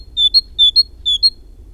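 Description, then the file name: Great tit singing three bright two-note phrases, each a lower whistle followed by a sharper higher one, evenly spaced about half a second apart. "Parus major"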